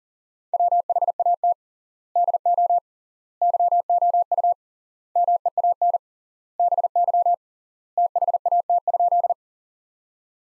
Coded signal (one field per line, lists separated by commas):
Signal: Morse code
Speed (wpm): 40 wpm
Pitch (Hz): 700 Hz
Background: none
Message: WHAT DO YOU MEAN BY THAT?